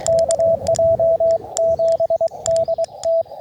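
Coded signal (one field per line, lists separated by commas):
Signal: Morse code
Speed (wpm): 22 wpm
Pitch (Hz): 660 Hz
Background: radio noise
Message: KJ7DT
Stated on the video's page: Summit activation (SOTA) QRP CW on a monoband dipole, sent with a tiny paddle; no translations given.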